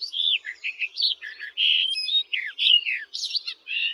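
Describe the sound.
Barred warbler delivering a dense, scratchy warble of quick slurred and grating notes with hardly any breaks.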